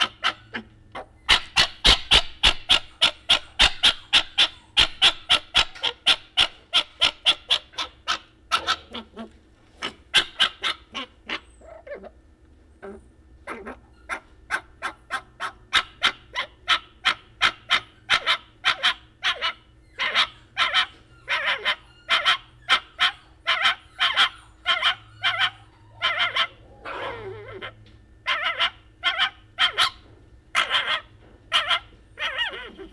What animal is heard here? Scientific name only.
Vulpes zerda